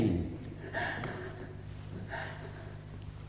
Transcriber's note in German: weint und schluchzt laut